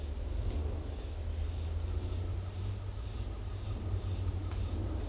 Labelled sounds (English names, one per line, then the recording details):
none
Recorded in dense forest near Puerto Asís, Putumayo, Colombia, on 16 December 2024 at 09:30
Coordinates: 0.466, -76.327
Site G075